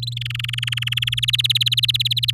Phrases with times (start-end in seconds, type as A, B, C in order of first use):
0.02-0.14 A, 0.16-1.15 B, 1.17-2.31 C